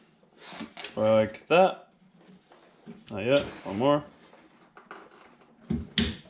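A click-type torque wrench set to 70 ft-lb tightens a wheel bearing hub bolt on the rear knuckle of a 350Z/G35. Someone talks while the wrench is pulled, and then a sharp, loud click rings out at 6.0 s as it reaches the setting.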